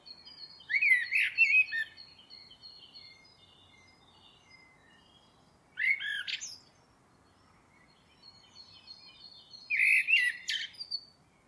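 Bird uttering three short bursts of sharp, twittering notes spaced several seconds apart over a soft low background hiss.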